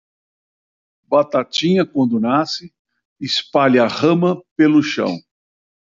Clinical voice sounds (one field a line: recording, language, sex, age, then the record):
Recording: short text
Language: Brazilian Portuguese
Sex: male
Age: 70 to 79 years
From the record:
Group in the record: control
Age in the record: 70 years